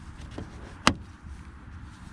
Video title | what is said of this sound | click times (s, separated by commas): Mercedes C Class W204 Replaced high beam bulb H7 , Fernlichtlampe ausgetauscht , Bytt glödlampa h7 | and then we're going to put the cup back you hear a click | 0.9 s